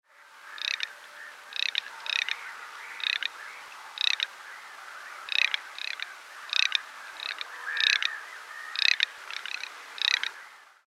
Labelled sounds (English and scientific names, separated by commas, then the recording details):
Garganey (Spatula querquedula)
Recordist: Tembrock, Günter
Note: Rufe